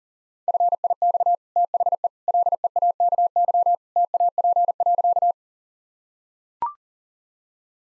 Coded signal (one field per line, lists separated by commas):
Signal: Morse code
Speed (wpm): 40 wpm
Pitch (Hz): 700 Hz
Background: none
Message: FIX THE LEAKY TAP.